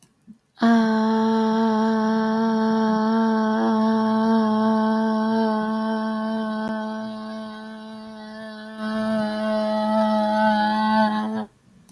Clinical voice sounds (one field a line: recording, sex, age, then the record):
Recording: vowel held as long as possible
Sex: female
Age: 40 to 49 years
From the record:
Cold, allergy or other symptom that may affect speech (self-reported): no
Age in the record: 41 years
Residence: Massachusetts, United States